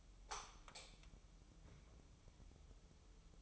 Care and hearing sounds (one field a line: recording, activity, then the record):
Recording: daily activity, microphone in the room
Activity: light on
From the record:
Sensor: 1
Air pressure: 988.4 hPa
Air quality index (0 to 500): 198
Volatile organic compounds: 1000 ppm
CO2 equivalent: 5290 ppm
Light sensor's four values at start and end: 8/21/8/10 and 12/37/14/15